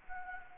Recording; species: mosquito wingbeat signal from an infrared sensor; Anopheles gambiae